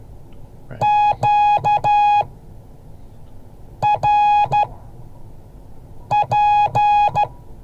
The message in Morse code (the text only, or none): QRP